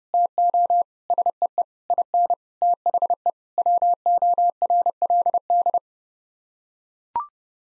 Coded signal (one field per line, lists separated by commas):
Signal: Morse code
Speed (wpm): 32 wpm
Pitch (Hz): 700 Hz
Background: none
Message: TO SEE IN THE WORLD